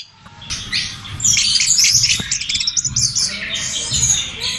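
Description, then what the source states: Birds break into loud, dense twittering after a quiet start, high chirps and trilled notes crowding together. Bird song used for training pet birds.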